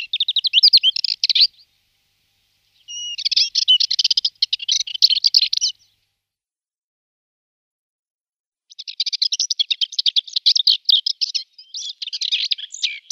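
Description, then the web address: Subalpine warbler giving three scratchy, fast warbling phrases of dense chattering notes, separated by silent gaps of about one to three seconds, the last phrase longest. "Schulze Peter Subalpine Warbler song"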